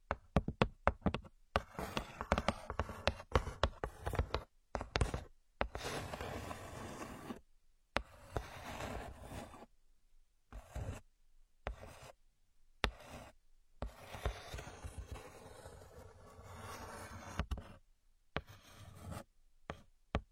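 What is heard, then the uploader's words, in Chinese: Ear picking, heard as scratchy rubbing and rasping in irregular bursts. Short taps and scrapes alternate with longer stretches of crackly friction, broken by frequent sudden drops to complete silence throughout the twenty seconds. 抠耳朵。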